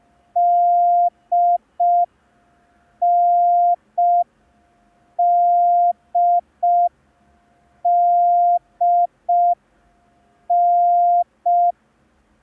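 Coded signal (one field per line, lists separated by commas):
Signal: Morse code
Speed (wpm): 5 wpm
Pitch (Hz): 700 Hz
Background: none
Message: DNDDN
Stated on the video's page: Morse code lesson, day 2 of a 10-day course.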